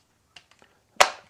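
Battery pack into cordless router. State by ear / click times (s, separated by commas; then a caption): seated / 1.0 s. A cordless tool battery pack is pushed into a cordless router's battery mount. A few faint taps at about 0.4, 0.5 and 0.6 seconds come before a sharp, loud latch click at 1.0 seconds that fades quickly. The battery clicks into place and is seated.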